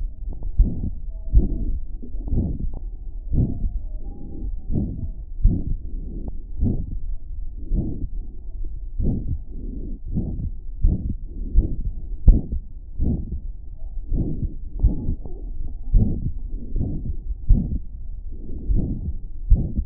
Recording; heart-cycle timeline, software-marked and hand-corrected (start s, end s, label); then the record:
heart sounds
0.00	0.12	S2
0.12	0.52	diastole
0.52	0.67	S1
0.67	0.84	systole
0.84	0.99	S2
0.99	1.32	diastole
1.32	1.45	S1
1.45	1.63	systole
1.63	1.78	S2
1.78	2.30	diastole
2.30	2.45	S1
2.45	2.61	systole
2.61	2.75	S2
2.75	3.31	diastole
3.31	3.46	S1
3.46	3.63	systole
3.63	3.77	S2
3.77	4.70	diastole
4.70	4.86	S1
4.86	4.97	systole
4.97	5.10	S2
5.10	5.42	diastole
5.42	5.58	S1
5.58	5.68	systole
5.68	5.82	S2
5.82	6.60	diastole
6.60	6.76	S1
6.76	7.00	systole
7.00	7.12	S2
7.12	7.70	diastole
7.70	7.84	S1
7.84	8.14	systole
8.14	8.25	S2
8.25	8.99	diastole
8.99	9.17	S1
9.17	9.29	systole
9.29	9.41	S2
9.41	10.12	diastole
10.12	10.24	S1
10.24	10.38	systole
10.38	10.50	S2
10.50	10.83	diastole
10.83	10.95	S1
10.95	11.08	systole
11.08	11.20	S2
11.20	11.53	diastole
11.53	11.65	S1
11.65	11.80	systole
11.80	11.92	S2
11.92	12.26	diastole
12.26	12.37	S1
12.37	12.51	systole
12.51	12.61	S2
12.61	13.01	diastole
13.01	13.17	S1
13.17	13.32	systole
13.32	13.38	S2
13.38	14.10	diastole
14.10	14.26	S1
14.26	14.39	systole
14.39	14.51	S2
14.51	14.79	diastole
14.79	14.92	S1
14.92	15.07	systole
15.07	15.20	S2
15.20	15.93	diastole
15.93	16.06	S1
16.06	16.22	systole
16.22	16.35	S2
16.35	16.74	diastole
16.74	16.88	S1
16.88	17.04	systole
17.04	17.16	S2
17.16	17.49	diastole
17.49	17.61	S1
17.61	17.75	systole
17.75	17.89	S2
17.89	18.65	diastole
18.65	18.84	S1
18.84	18.99	systole
18.99	19.14	S2
19.14	19.46	diastole
19.46	19.58	S1
19.58	19.75	systole
19.75	19.86	S2
From the record:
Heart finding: aortic stenosis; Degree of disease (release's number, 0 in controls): 2 to 3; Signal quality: good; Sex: female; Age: 88 years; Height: 1.5 m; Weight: 73 kg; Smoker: no